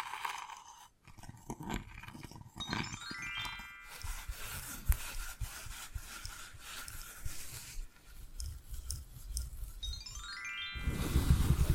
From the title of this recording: Invisible Tapping, Scratching, Tracing